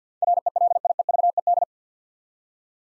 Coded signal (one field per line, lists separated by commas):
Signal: Morse code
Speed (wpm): 50 wpm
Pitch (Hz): 700 Hz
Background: none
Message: RELIEVED